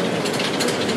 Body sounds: background sound without coughing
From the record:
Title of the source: Office Sounds Ambience - Background Noise for Study and Work

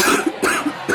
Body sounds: coughing mixed with background sound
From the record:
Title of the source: 64 coughing, allergies, singing lungs

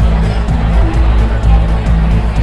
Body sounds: background sound without coughing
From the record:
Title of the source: Party Noise 1 Hour Party Ambience

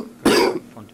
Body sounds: coughing mixed with background sound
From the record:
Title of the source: Coughing 77

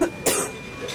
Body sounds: coughing mixed with background sound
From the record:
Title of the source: 34 coughing up crap again

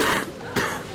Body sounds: coughing mixed with background sound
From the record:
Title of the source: 31 night wet cough

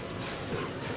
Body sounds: coughing mixed with background sound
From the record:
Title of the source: Coughing 46

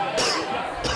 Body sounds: coughing mixed with background sound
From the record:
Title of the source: Coughing 60

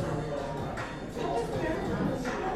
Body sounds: background sound without coughing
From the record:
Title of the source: 60 minutes of coffee shop sounds for study and concentration

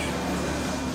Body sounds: coughing mixed with background sound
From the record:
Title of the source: Residual Phlegmy Morning Coughing and Gagging

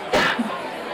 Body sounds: coughing mixed with background sound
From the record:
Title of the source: Barking cough - # 10

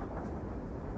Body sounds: background sound without coughing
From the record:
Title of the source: Train Ride Ambience ambient white noise for sleeping, focus, studying, reading

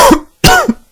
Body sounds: coughing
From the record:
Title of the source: Coughing 51

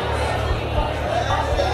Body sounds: background sound without coughing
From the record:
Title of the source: CITY SOUNDS Busy Bar in the Evening Night - 2 HOURS of Ambiance for Relaxation

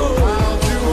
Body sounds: coughing mixed with background sound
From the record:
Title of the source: female coughing - coughing sound effects girl

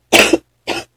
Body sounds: coughing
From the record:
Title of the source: 61 morning phlegmy cough...again

